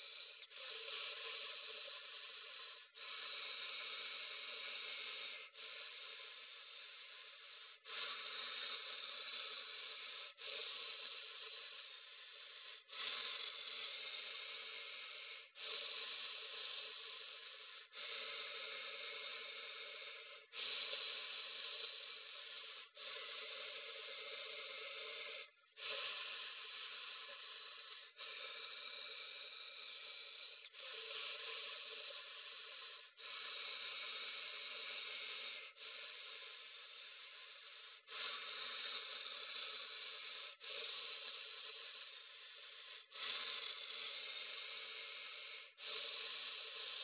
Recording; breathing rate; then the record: paced breathing near a phone; 12 breaths a minute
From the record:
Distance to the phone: 40 cm